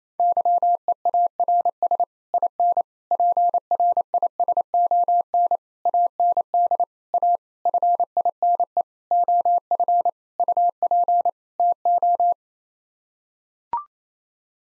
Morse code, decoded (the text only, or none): YEARS IN PRISON AND A FINE OF UP TO